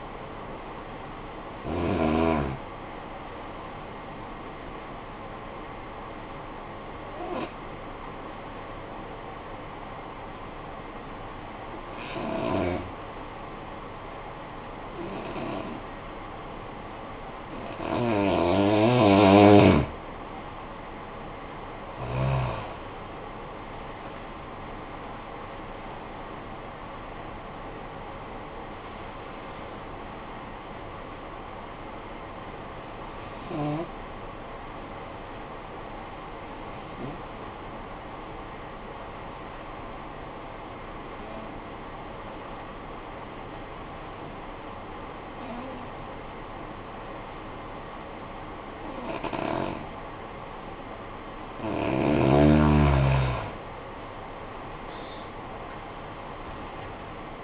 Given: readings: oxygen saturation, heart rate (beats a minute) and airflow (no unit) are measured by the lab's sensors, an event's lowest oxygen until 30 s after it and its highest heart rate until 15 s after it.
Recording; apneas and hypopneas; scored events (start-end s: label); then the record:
breathing in sleep by a voice recorder at the bedside; 2
2.00-57.44 s: new sleep stage, N2 (light sleep)
4.00-18.90 s: hypopnea (N2, oxygen 97% highest, then 90% lowest, heart rate 51 at the start, 76 highest)
33.00-47.90 s: hypopnea (N2, oxygen 94% highest, then 87% lowest, heart rate 60 at the start, 69 highest)
From the record:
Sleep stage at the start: N1 (lightest sleep); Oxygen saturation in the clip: 90 to 97%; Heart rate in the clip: 48 to 76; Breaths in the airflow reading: 9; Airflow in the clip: -14.4 to 14.9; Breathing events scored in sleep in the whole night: 445 in 7.6 hours asleep